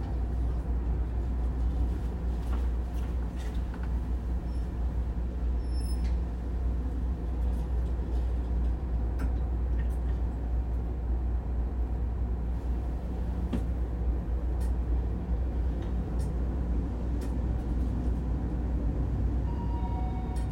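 A ride on the Taipei metro from Taipei Main Station, heard as a steady, dense low rumble and hum of the moving train that holds level throughout. Brief clicks and faint high squeaks or tones surface now and then, and a soft tone appears near the end.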